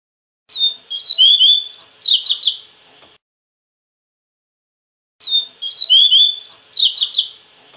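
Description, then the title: Double-collared seedeater song phrase given twice, separated by a pause, the second cut off at the end. Clear slurred whistles run into quicker chattering notes. "Canto Coleiro"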